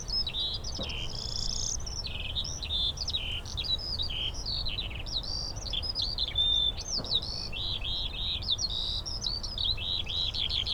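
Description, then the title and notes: Eurasian skylark singing nonstop, a busy high warble of chirps and short whistles, with a faint low hum and soft thuds. Several skylarks singing in fields by St. Isidore's wayside shrine, Sosna Góra, Siemianowice Śląskie, Poland; 18 May 2019; insects buzzing; shooting range in background; Zoom H5, Audio-Technica BP4025. "Siemianowice Śląskie, Polska - skowronek przy kapliczce św. Izydora. Sobota, 18 maja 2019. Wśród pól znajduje się kapliczka świętego Izydora na Sosnej Górze. W polu śpiewają skowronki i brzęczą owady"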